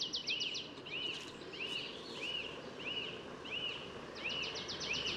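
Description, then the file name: Marsh tit calls: arched, chirping notes repeated about every two-thirds of a second, some led by quick ticking notes, amid heavy background noise. "Poecile palustris"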